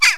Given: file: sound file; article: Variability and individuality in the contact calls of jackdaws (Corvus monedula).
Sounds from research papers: jackdaw call; harmonic

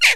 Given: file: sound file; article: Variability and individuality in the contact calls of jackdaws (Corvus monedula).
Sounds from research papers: jackdaw call; noisy

